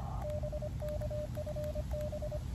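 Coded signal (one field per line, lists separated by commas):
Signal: Morse code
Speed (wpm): 25 wpm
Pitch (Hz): 600 Hz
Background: none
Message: BK FB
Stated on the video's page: Pedestrian-mobile QRP, 5 W, Elecraft KX2 with a 3 m whip on a backpack, including a summit-to-summit SOTA contact.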